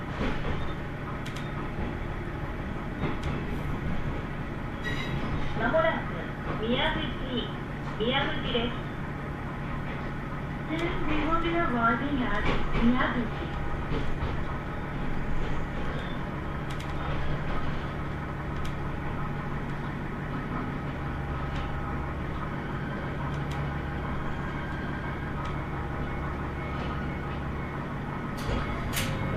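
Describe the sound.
A ride aboard a local train between two stations, with a steady low rumble and hum running the whole way. Voices, likely an onboard announcement or talk, come through around 5 to 14 seconds, and a few faint clicks and rattles occur.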